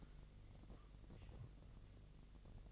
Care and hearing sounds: daily activity, microphone in the room; take from stove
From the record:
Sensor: 4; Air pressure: 1000.2 hPa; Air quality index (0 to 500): 224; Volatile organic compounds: 27 ppm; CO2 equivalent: 2886 ppm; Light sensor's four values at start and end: 9/20/8/8 and 9/20/8/7

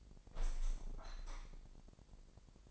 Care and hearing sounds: daily activity, microphone in the room; open window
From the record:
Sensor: 5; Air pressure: 1000.1 hPa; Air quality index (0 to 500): 248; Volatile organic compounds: 34 ppm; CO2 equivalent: 3048 ppm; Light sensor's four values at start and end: 34/80/32/30 and 34/80/32/30

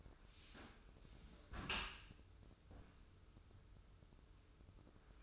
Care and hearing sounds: daily activity, microphone in the room; close dishwasher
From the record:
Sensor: 2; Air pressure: 995.6 hPa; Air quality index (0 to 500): 95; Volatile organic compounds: 5 ppm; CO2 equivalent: 1758 ppm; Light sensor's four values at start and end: 25/80/32/30 and 25/80/32/30

